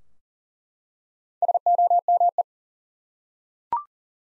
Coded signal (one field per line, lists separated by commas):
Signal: Morse code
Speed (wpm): 40 wpm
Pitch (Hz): 700 Hz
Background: none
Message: SOME